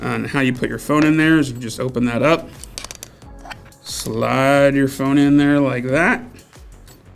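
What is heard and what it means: A phone clamp on a smartphone video rig is opened and a phone is slid into it while someone talks. Background music plays throughout, and a quick run of small handling clicks and taps is heard around 2.8–3.2 seconds. The clamp has not yet been closed on the phone, so nothing has seated or clicked shut yet.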